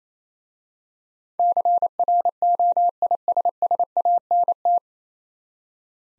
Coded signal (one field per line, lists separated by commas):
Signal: Morse code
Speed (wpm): 27 wpm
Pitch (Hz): 700 Hz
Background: none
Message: CROISSANT